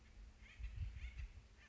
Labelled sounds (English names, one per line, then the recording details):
Acorn Woodpecker
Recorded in Sonoma County, California